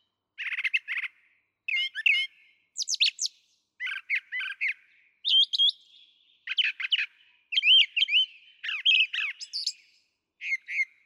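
Brown thrasher song of varied phrases, mixing raspy notes and sharp whistled slurs, in short bursts with brief gaps.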